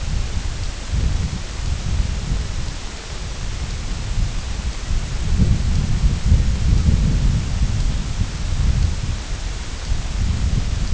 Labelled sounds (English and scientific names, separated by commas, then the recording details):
none
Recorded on Arctic tundra, site IGLO-F, on 22 June 2018
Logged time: 02:00